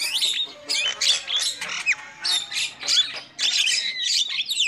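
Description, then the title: Lovebird calls, shrill squawks in short uneven bursts separated by brief gaps, some with sliding squeaky notes. Used as a lure call for trapping lovebirds. "PIKAT BURUNG LOVEBIRD"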